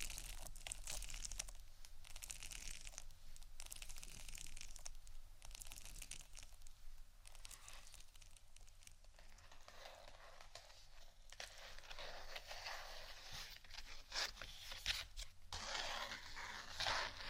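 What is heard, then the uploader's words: Scratching goes on throughout, a dense, bright, papery crinkling made of rapid irregular strokes. It comes in uneven bursts, easing around the middle and growing busier and harsher after about eleven seconds, with a faint low hum underneath. ASMR Scratching Only（No Talking）.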